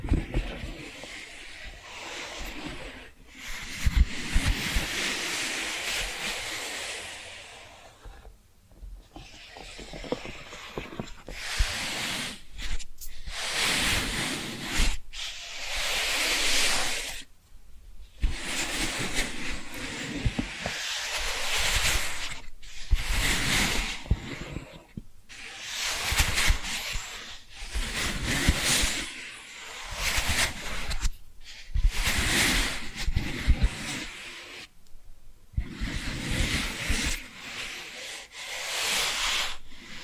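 Scratching sounds come in long, rough, hissy passes, bright and grainy, each lasting a few seconds. Short gaps of near silence break them up irregularly, about every two to five seconds, with a faint low rumble underneath throughout.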